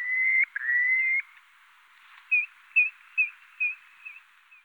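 Purple sandpiper with two drawn-out, slightly rising whistles, followed by a string of short, clipped notes that fade away.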